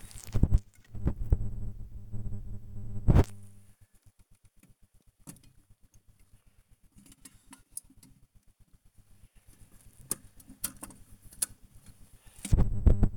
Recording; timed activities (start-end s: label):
household activities, microphone on the right wrist
0.00-13.17 s: dusting model cars